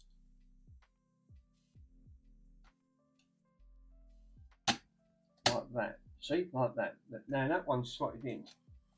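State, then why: Not seated. Someone talks while slotting a part of the wheel and selector mechanism of a Grundig reel-to-reel tape deck onto its guide pins, with faint low ticks and taps and a sharp knock near 4.7 s and 5.5 s. The part is only being handled into place; nothing has seated or clicked yet.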